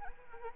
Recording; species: mosquito wingbeat signal from an infrared sensor; Anopheles arabiensis